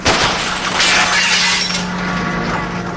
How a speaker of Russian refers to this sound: через лобовое стекло стреляет по грузовику.